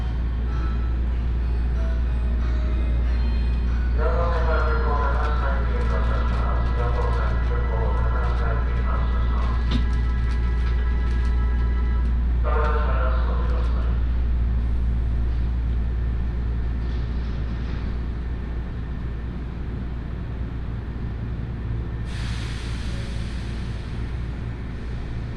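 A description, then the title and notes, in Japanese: A ride on the Osaka Monorail toward Osaka Airport, with a steady low rumble throughout. From about 4 to 12 seconds a bright, stepping chime melody plays, briefly returning near 13 seconds, and a soft hiss rises around 22 seconds. 鉄道旅 大物→梅田→蛍池→大阪空港。蛍池で大阪モノレールに乗り換えて１駅先の大阪空港へと向かいます。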